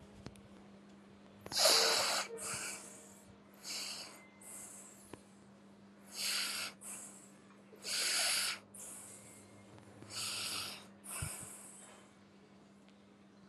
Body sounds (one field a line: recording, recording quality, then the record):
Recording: shallow breathing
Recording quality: moderate, slight background noise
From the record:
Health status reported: respiratory illness, not identified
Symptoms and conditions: cough, asthma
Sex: male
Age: 22 years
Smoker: yes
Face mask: not worn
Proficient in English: yes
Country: India